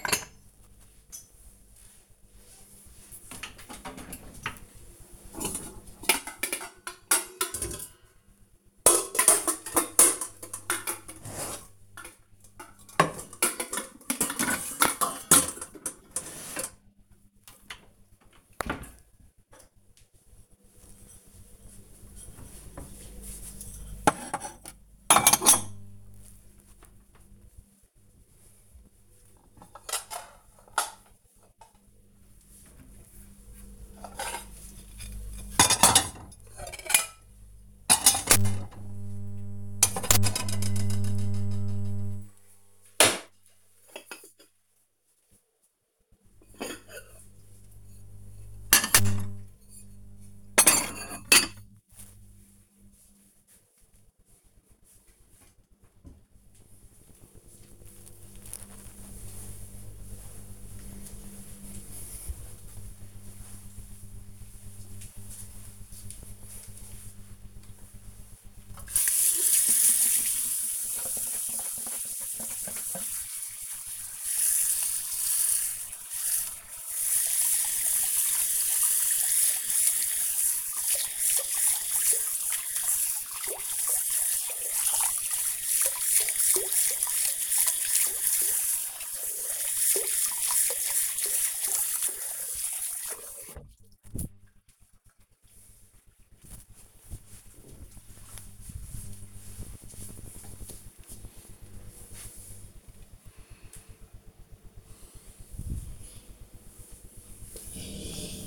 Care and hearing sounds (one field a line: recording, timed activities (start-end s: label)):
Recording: household activities, microphone on the right wrist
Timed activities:
0.00-55.92 s: putting away the dishes
67.04-94.31 s: washing hands